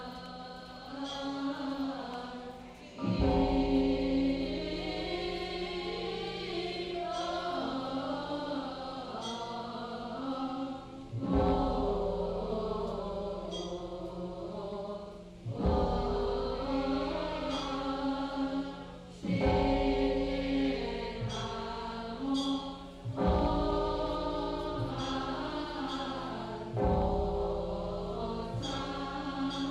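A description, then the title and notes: Morning prayers chanted in a temple: many voices in unison over a steady low drone, rising in fresh phrases every few seconds. Sound of chanting of first morning prayers in Lungshan Temple, Taipei. Recorded by James A.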